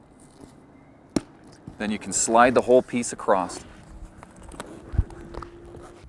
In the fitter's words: and you just do a little click